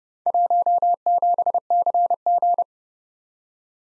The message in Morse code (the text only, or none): 17CG